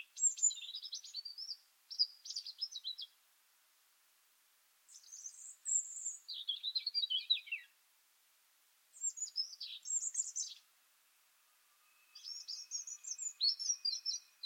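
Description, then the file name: European robin pouring out sweet, high, tinkling phrases in several bursts, separated by short pauses. "Erithacus rubecula"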